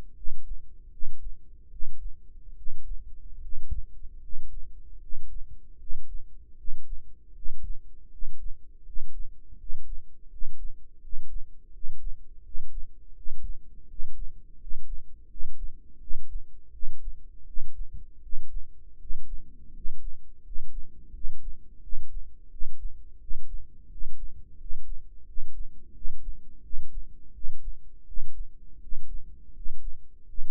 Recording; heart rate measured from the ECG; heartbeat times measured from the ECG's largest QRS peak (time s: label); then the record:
heart sounds by microphone in the right ear; 82 bpm
0.14 s: heartbeat
0.90 s: heartbeat
1.69 s: heartbeat
2.55 s: heartbeat
3.40 s: heartbeat
4.20 s: heartbeat
4.99 s: heartbeat
5.77 s: heartbeat
6.56 s: heartbeat
7.33 s: heartbeat
8.09 s: heartbeat
8.84 s: heartbeat
9.57 s: heartbeat
10.29 s: heartbeat
11.00 s: heartbeat
11.71 s: heartbeat
12.42 s: heartbeat
13.14 s: heartbeat
13.87 s: heartbeat
14.58 s: heartbeat
15.28 s: heartbeat
15.99 s: heartbeat
16.71 s: heartbeat
17.45 s: heartbeat
18.21 s: heartbeat
18.98 s: heartbeat
19.72 s: heartbeat
20.42 s: heartbeat
21.12 s: heartbeat
21.81 s: heartbeat
22.49 s: heartbeat
23.19 s: heartbeat
23.89 s: heartbeat
24.57 s: heartbeat
25.25 s: heartbeat
25.93 s: heartbeat
26.62 s: heartbeat
27.32 s: heartbeat
28.05 s: heartbeat
28.80 s: heartbeat
29.53 s: heartbeat
30.26 s: heartbeat
From the record:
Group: healthy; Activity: rest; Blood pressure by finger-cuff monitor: 109/74 mmHg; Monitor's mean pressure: 82 mmHg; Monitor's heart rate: 84 bpm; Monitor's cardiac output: 6.4 L/min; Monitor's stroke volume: 77 mL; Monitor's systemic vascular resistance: 900 dyn s/cm5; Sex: male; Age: 35 years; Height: 180 cm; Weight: 86.9 kg